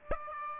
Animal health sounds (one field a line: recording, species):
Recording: mosquito wingbeat signal from an infrared sensor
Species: Aedes aegypti